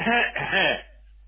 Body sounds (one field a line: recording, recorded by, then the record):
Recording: voluntary cough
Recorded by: telephone call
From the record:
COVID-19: negative